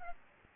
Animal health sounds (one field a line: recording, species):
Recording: mosquito wingbeat signal from an infrared sensor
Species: Aedes albopictus